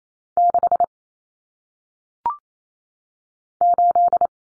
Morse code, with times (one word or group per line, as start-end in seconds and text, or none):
0.4-0.8 6
3.6-4.3 8